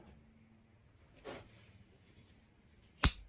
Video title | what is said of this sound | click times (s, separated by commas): eBay Knife Haul, Blade Fix and Knife Book Review! | Hear that snap? | 3.0 s